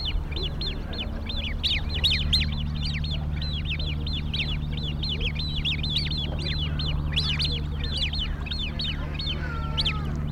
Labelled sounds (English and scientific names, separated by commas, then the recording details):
Great Crested Grebe (Podiceps cristatus) call
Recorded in the wild
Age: juvenile
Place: Eutin, Holsteinische Schweiz, Schleswig-Holstein, DE
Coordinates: 54.132, 10.614
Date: 1992-09-10 10:30
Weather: wolkig-heiter, 17°C
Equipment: Marantz CP 430, Sennheiser ME 80, Kopie Tesla B 116
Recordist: Tembrock, Günter